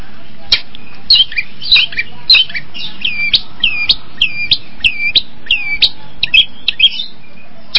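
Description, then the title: Long-tailed shrike song: a run of bending, upswept whistles in a steady series after a few scratchy opening notes. Combination song (kombinasi) style. "Cendet Kombinasi"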